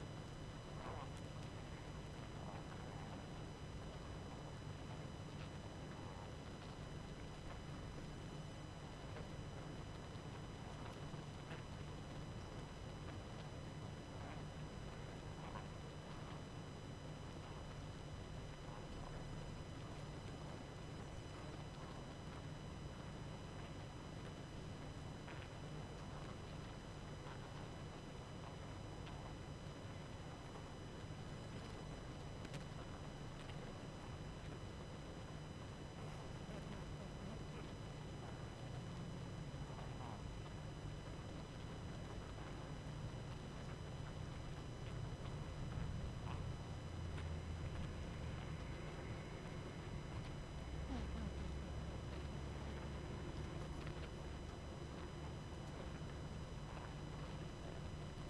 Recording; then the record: honeybee colony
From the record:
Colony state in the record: active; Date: 12 June 2018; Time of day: 21:54